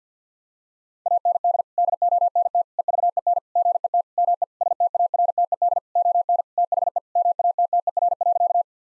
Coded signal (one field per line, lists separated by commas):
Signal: Morse code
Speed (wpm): 50 wpm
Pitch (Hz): 700 Hz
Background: none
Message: AND DONT EVEN GET ME STARTED ON THE MATTER.